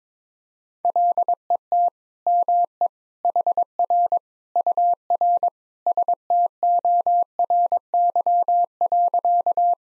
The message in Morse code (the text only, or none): LET ME HR UR STORY.